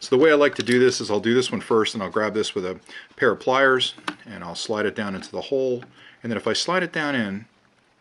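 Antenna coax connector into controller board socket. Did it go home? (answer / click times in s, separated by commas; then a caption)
no / none. Someone talks while a small antenna coax connector, held with a pair of pliers, is slid down into the hole toward its socket on the drone remote controller board of a DJI Phantom 3 or Phantom 4 during installation of an ArgTek Range Extender Kit. Nothing has seated or clicked yet; the clip ends just before the connector goes home.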